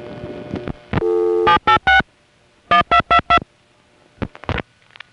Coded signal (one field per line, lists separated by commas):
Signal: DTMF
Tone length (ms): 110 ms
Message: 786 1222